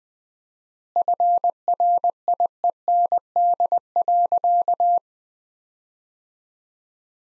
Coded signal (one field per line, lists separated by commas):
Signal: Morse code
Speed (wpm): 21 wpm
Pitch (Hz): 700 Hz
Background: none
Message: FRIEND.